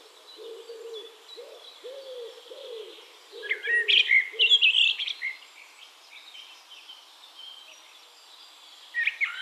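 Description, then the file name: Eurasian blackbird song phrase of mellow whistles and a scratchy twitter, following a run of low repeated hooting notes from another bird. "Turdus merula"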